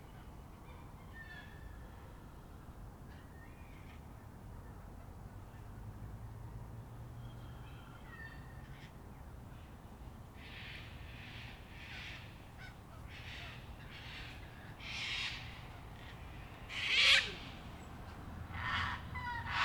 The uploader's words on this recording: An Evening in Canberra (Feat. 500 Cockies). A typical evening in Canberra, featuring the local Cockies and misc other birds. Recorded during lockdown in April 2020.